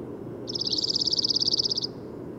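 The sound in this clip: Bird song: a single fast, high trill of crisp repeated notes lasting over a second, with low steady noise beneath.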